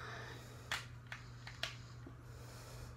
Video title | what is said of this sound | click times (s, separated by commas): Transformers studio series ROTF starscrem Review | locking that into place i'm going to take that collapse that down and you want to take this | 1.6 s